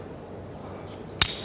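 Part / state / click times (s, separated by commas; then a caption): auto-belay webbing clip onto climbing harness / seated / 1.2 s. The metal clip on an auto-belay's webbing is attached to a climbing harness and closes with a single sharp, bright metallic snap at 1.2 s, after a stretch of low background hum. The clip is safely attached.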